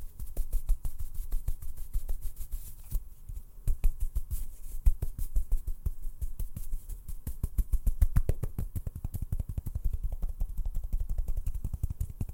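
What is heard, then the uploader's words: Dense, rapid tapping and rubbing with brushing strokes, a near-continuous run of sharp ticks and low thumps that thickens around eight seconds. FAST AND AGGRESSIVE TRIGGERS NO TALKING.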